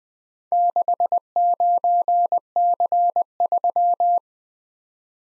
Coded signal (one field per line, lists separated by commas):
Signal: Morse code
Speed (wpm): 20 wpm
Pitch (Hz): 700 Hz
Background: none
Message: 69C3